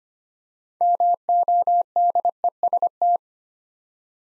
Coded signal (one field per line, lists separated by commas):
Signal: Morse code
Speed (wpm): 25 wpm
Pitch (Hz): 700 Hz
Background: none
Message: MODEST